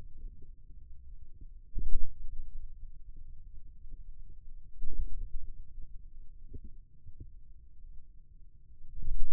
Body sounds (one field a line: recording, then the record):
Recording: forearm muscle sounds (acoustic myography)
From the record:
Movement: ulnar deviation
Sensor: system 2, bracelet of six BSWA MPA416 microphones around the upper forearm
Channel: 2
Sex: male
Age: 22 years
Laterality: right